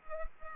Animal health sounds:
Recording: mosquito wingbeat signal from an infrared sensor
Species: Culex pipiens

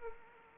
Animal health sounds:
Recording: mosquito wingbeat signal from an infrared sensor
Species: Anopheles arabiensis

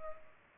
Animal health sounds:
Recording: mosquito wingbeat signal from an infrared sensor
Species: Culex pipiens

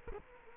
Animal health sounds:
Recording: mosquito wingbeat signal from an infrared sensor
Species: Culex quinquefasciatus

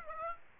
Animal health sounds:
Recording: mosquito wingbeat signal from an infrared sensor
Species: Aedes aegypti

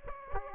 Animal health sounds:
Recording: mosquito wingbeat signal from an infrared sensor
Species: Aedes aegypti

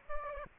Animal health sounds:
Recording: mosquito wingbeat signal from an infrared sensor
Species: Aedes aegypti

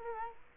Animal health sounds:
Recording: mosquito wingbeat signal from an infrared sensor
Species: Culex quinquefasciatus

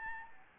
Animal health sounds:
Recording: mosquito wingbeat signal from an infrared sensor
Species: Anopheles gambiae

